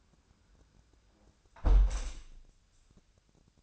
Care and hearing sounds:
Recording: daily activity, microphone in the room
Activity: close window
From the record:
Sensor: 2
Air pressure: 1000.3 hPa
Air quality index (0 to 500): 146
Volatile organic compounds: 2 ppm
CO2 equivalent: 1212 ppm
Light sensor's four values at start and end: 11/31/12/14 and 11/30/11/13

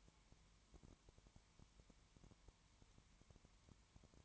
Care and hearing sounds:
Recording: daily activity, microphone in the room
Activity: no activity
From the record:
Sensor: 3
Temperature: 20.1 degrees Celsius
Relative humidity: 31.4%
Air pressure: 1001.3 hPa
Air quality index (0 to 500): 73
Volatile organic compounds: 1 ppm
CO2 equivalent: 686 ppm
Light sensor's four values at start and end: 2/3/2/2 and 2/3/2/2

